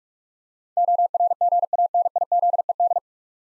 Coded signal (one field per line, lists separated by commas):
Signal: Morse code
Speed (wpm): 44 wpm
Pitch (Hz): 700 Hz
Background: none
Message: ORGANIZED